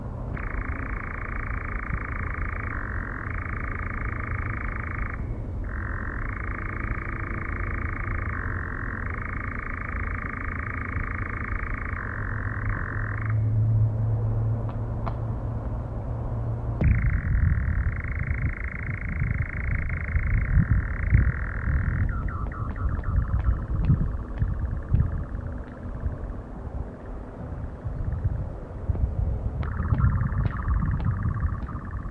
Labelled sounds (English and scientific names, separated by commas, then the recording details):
Eurasian Nightjar (Caprimulgus europaeus)
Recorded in the wild
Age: adult
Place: Federaun, AT
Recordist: Brunner, Thomas
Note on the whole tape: Aufnahme: Mitte Juni, Nähe Federaun bei Villach, Kärnten